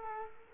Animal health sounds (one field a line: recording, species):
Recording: mosquito wingbeat signal from an infrared sensor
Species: Culex quinquefasciatus